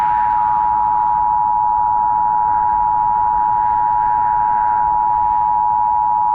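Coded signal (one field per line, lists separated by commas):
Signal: Emergency Alert System (SAME) tones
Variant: 853 and 960 Hz attention tone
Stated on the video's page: Fictional EAS scenario about an extreme winter; simulated alert.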